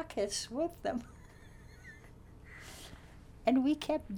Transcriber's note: laughs